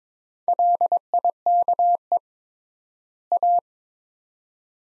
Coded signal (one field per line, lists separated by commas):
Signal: Morse code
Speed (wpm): 22 wpm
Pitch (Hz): 700 Hz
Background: none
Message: LIKE A